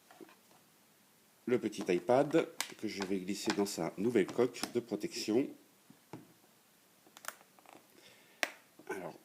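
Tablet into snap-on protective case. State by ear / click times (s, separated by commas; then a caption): seated / 8.4 s. An iPad Mini is slid into its new plastic snap-on protective case and pressed in until the edges engage. Someone talks first, then a few small taps and clicks follow as it is handled. A sharp snap at 8.4 s marks the tablet seating fully in the shell.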